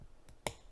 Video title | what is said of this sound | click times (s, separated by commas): Prusa i3 MK3 Build Part 5 - Steam Labs Live Stream | or it'll buckle so I pushed on it and I heard it snap so I know that's in | 0.5 s